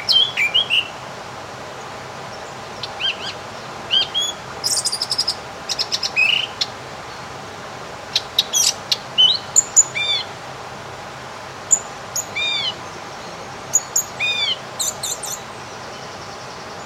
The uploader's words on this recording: Experience the magic of an almost windless summer day. Birds sing their sweet melodies.